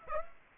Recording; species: mosquito wingbeat signal from an infrared sensor; Aedes aegypti